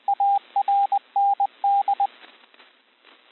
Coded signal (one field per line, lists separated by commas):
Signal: Morse code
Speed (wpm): 20 wpm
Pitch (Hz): 800 Hz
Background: radio noise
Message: ARND